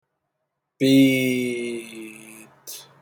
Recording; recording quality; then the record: sustained vowel as in beet; excellent, no background noise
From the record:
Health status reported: healthy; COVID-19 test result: negative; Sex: male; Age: 23 years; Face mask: not worn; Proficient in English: yes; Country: United States